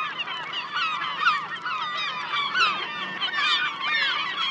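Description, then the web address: Short stretch of gull flock noise: crowded, grating calls overlapping steadily at moderate loudness. "seagulls"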